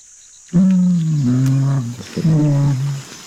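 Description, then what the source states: Mountain gorilla humming in low, drawn-out tones, two sustained phrases that waver and fall slightly, the second after a brief break, over quiet background. Wild mountain gorillas singing while eating their food.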